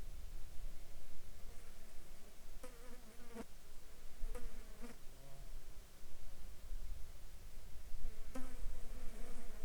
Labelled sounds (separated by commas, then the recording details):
insects
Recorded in the Arctic National Wildlife Refuge, Alaska, on 26 June 2021 at 14:45
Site 42